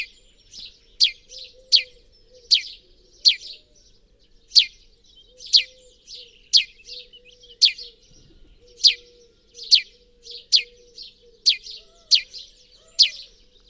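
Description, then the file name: House sparrow giving a long run of sharp chirps, sometimes doubled, repeated about every half second to second against a quiet background. "Passer domesticus"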